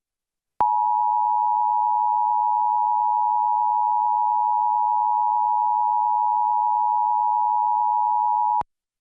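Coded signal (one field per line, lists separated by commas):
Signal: Emergency Alert System (SAME) tones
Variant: 853 and 960 Hz attention tone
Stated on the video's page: Florida Required Monthly Test of the EAS interrupting a broadcast on a Fox affiliate, recorded from TiVo, without the spoken alert message.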